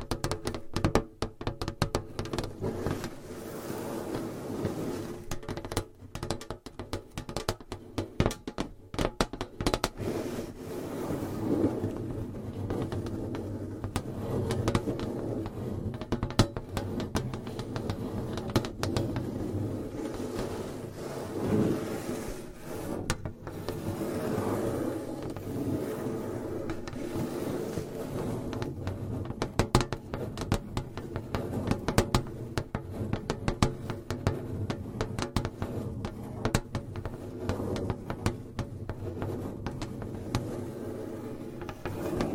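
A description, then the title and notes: Long nails tap and scratch on hollow boxes in a dense, continuous stream of quick clicks and rasps, busiest in the first ten seconds. Tapping & Scratching on Hollow Boxes with Long Nails. No Talking.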